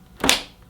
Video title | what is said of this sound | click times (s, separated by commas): Bissell Revolution Hydrosteam Carpet Washer Assembly & First Look | and it should click into position. | 0.3 s